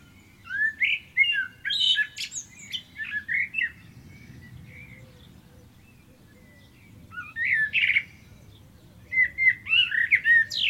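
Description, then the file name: Common blackbird song with several phrases of varied mellow whistles and squeaky high twitters, separated by pauses. "Turdus merula"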